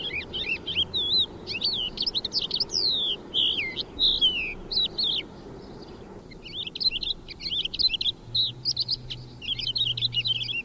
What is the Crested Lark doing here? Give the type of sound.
song